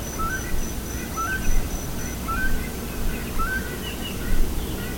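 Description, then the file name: Bird calls: thin rising chirps, about one per second, against a heavy low background rumble. "SABIOD 50 bird 2015"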